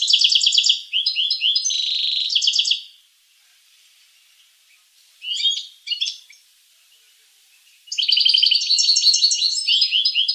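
Finch song, two bursts of rapid high trills at the start, a long quiet gap with a brief chirping phrase, then a loud trill returning.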